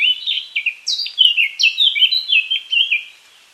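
Eurasian Blackcap song, a fast, rich warble of clear fluty notes tumbling up and down without pause for over three seconds, fading at the end.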